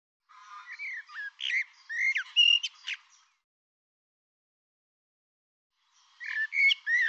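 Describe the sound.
Bird song of mixed warbles, slurred whistles and crisp chips lasting about three seconds, followed by silence and a fresh burst of song.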